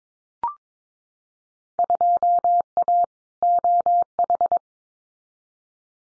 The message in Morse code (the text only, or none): 2A OH